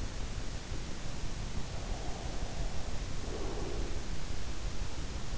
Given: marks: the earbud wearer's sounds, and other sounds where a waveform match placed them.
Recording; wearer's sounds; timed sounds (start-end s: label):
sounds in sleep by an in-ear microphone; breath
1.45-4.16 s: breath